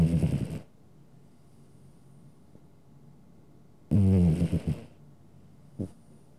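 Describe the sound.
Domestic cat snores: one rasping breath fades at the start, then a longer, wavering snore after a quiet pause, followed by a short snuffle.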